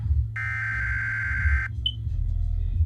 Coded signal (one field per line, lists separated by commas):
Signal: Emergency Alert System (SAME) tones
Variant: header bursts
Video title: a emergency alert system in the usa